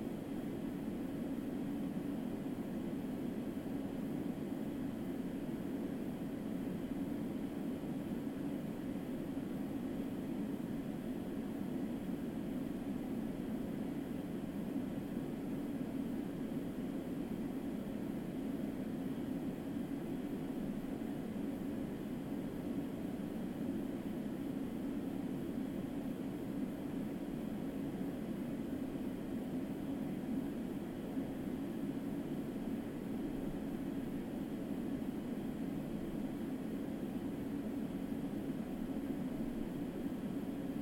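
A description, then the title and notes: A steady, unchanging wash of noise runs for the full length without pauses or distinct events. It is weighted toward a deep, warm rumble, with a thinner hiss on top, resembling the constant drone inside an aircraft cabin. White noise.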